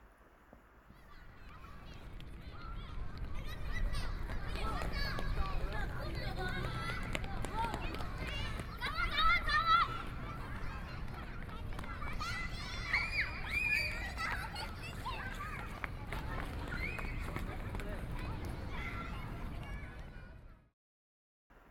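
An outdoor public square with a dense wash of many voices talking at once, steady throughout, with footsteps and the thump of people moving. A deep low rumble sits under the crowd. The sound fades in over the first few seconds and cuts off abruptly near the end.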